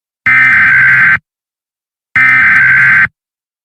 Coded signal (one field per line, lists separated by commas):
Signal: Emergency Alert System (SAME) tones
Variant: header bursts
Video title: EAS Scenario: It Is Watching You...... (A EAS Maker Alternate world Scenario)